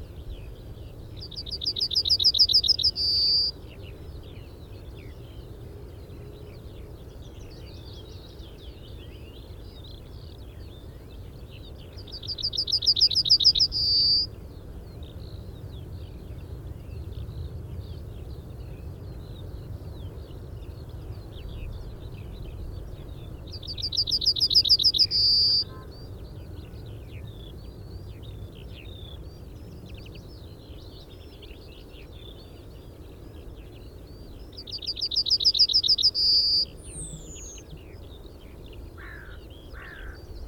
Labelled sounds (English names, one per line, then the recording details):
Yellowhammer song
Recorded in the wild
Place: Alt Reddevitz, Insel Rügen, Mecklenburg-Vorpommern, DE
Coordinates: 54.32, 13.71
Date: 1970-05-03
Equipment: Nagra III BH, Sennheiser MD 21, parabola
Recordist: Schubert, Michael